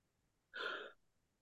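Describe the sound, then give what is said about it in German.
A single short, breathy rush of air, like a quick deep inhalation, demonstrating a patient's breathing during a medical examination, lasting under half a second and standing alone against near silence, with no talking. “kann der Patient tief einatmen und ausatmen?”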